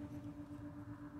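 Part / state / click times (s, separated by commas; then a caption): big black harness plug onto transmission valve body connector / not seated / none. A big black harness plug is handled at the transmission valve body connector during a torque converter clutch solenoid replacement on a 2011 fourth-generation Subaru Outback with a 5EAT automatic transmission. Only a steady low hum with a faint tone is heard, with no sharp transients. Nothing has seated or clicked yet.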